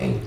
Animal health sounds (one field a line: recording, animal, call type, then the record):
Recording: contact call of a hoofed animal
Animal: pig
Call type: closed-mouth grunt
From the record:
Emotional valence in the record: positive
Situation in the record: food and toys in familiar pen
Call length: 0.26 s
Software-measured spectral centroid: 1810 Hz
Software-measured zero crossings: 880 a second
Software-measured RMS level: -24 dBFS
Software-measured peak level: -12 dBFS